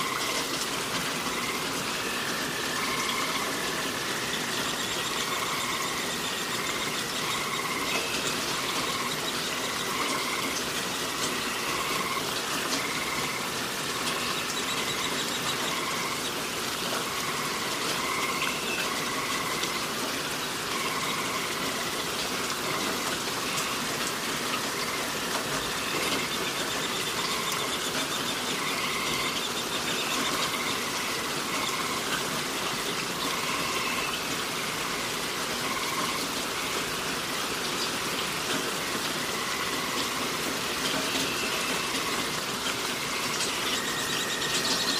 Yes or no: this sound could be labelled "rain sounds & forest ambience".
yes